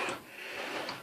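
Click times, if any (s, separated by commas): none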